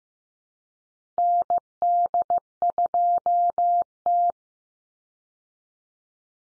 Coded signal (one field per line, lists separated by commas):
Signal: Morse code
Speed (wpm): 15 wpm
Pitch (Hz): 700 Hz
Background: none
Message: ND2T